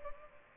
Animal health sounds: mosquito wingbeat signal from an infrared sensor; Culex pipiens

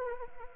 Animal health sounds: mosquito wingbeat signal from an infrared sensor; Anopheles arabiensis

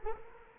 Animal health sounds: mosquito wingbeat signal from an infrared sensor; Culex quinquefasciatus

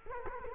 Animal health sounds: mosquito wingbeat signal from an infrared sensor; Culex quinquefasciatus

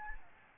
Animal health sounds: mosquito wingbeat signal from an infrared sensor; Aedes albopictus

